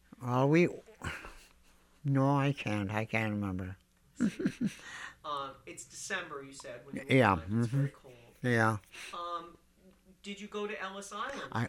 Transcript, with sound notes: Well, we, no, I can't. I can't remember. ( he laughs )
It's December, you said.
Yeah, uh-huh.
It's very cold.
Yeah.
Did you go to Ellis Island?